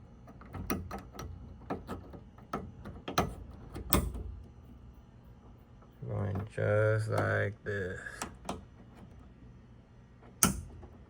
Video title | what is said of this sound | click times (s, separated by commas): Removing and replacing 2019 ford fiesta se back up camera | Hear the click. | 10.4 s